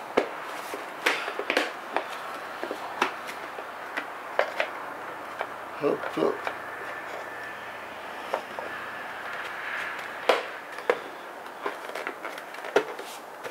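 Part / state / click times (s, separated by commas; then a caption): plastic cover into hoverboard shell / not seated / none. A plastic cover piece is handled and pressed toward the shell of a 6.5" or 10" hoverboard, with sharp plastic knocks and taps at about 1.1, 1.5, 3.0, 4.4, 8.3, 10.3 and 10.9 seconds while someone talks briefly. The cover has not clipped into the shell yet; nothing has seated.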